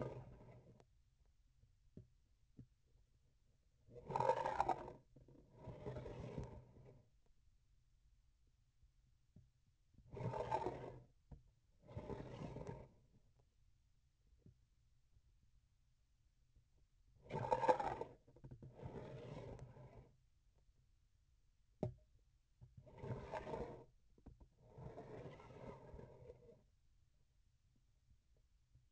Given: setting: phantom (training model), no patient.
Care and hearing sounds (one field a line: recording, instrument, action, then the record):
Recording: laparoscopic instrument, vibration sensor on the handle end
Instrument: grasping forceps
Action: approaching and retracting movements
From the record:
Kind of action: spatial motion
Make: other than Olympus